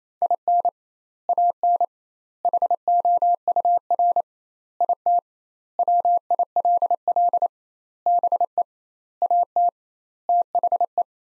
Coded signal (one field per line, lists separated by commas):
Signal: Morse code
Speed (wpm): 28 wpm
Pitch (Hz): 700 Hz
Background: none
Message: IN AN HOUR IT WILL BE AT THE